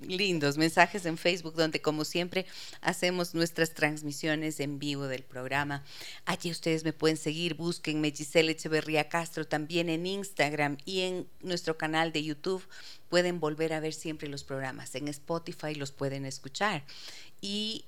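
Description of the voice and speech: One adult woman speaks clear, fluent Spanish at a brisk, steady pace, with brief pauses and no hesitations.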